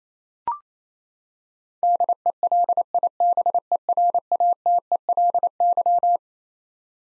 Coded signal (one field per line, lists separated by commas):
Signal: Morse code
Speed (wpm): 27 wpm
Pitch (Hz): 700 Hz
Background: none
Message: DELIBERATELY